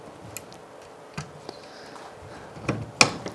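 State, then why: Seated. The stirrup of an EK Archery Desert Hawk crossbow is pushed into the front of the crossbow body after its retaining screw has been loosened, since at first it would not go all the way in. A few small knocks and ticks sound at about 0.4, 1.2, 1.5 and 2.7 s, then a loud, sharp knock at 3.0 s as the stirrup bottoms out. It is seated fully home and confirmed before tightening, because a stirrup not pushed fully in stays under the foot when cocking and the crossbow comes up toward the face.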